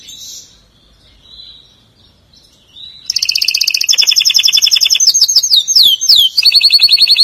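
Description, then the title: Canary song: faint twittering, then a sudden loud rapid trill of high pulsed notes, followed by sliding downward notes and another quick trill. "Kenari"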